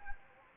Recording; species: mosquito wingbeat signal from an infrared sensor; Anopheles gambiae